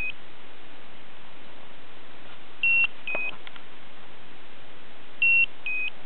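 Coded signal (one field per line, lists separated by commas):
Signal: beep code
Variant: Slendertone toning belt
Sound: two-note electronic beep pairs, high then lower, repeating about every 2.5 seconds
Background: quiet room hiss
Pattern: 2 short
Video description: Slendertone Mens Abs is annoying: the beep-bep sound doesn't have any logic or sense. It keeps going. It's not warning, no alert.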